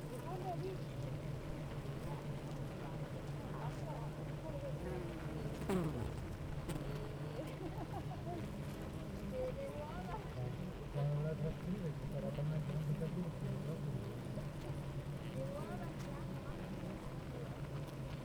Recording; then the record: honeybee colony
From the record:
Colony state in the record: active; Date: 28 July 2017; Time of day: 8:51